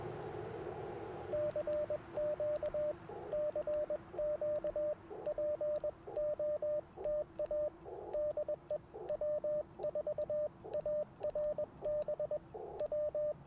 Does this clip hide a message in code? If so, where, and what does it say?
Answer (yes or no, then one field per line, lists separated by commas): yes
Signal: Morse code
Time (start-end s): 1.3-13.3 s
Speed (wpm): 21 wpm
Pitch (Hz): 600 Hz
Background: radio noise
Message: CQ CQ POTA DE W4ARB W